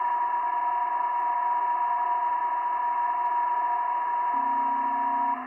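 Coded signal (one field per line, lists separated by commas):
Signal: PSK31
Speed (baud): 31.25 baud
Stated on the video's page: PSK31 sent from home in an RV during a Digital Mode Revival live stream.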